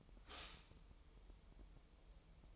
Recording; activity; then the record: daily activity, microphone in the room; stop toaster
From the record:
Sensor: 1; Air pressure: 988.6 hPa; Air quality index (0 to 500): 197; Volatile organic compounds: 946 ppm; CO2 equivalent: 5241 ppm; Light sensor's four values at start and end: 25/95/36/37 and 25/95/36/37